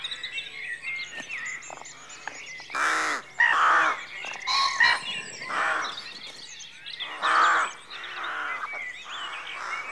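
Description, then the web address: Rooks cawing, many harsh caws overlapping in a busy colony chorus. Rookery at dawn, rural exterior atmosphere background. "BBC Sound Effects Library BBC 52-Exterior Atmospheres-Rural Backg 04 Rookery Dawn"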